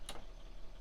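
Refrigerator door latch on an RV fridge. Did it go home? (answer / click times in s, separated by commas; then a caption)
no / none. The refrigerator door of a 2016 Winnebago View RV fridge is handled and pushed toward closed so its travel latch can engage. A brief, sharp broadband tick near 0.1 s stands out over a steady low hum. The latch has not clicked or seated yet.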